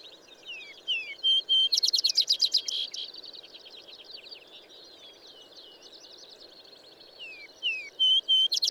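Bird singing a fast, loud rattling trill after slurred whistles, followed by a long softer stretch of twittering and descending whistles, then a clear whistle and new trill.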